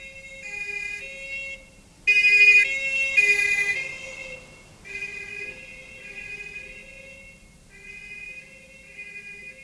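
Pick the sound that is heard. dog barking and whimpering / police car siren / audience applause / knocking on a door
police car siren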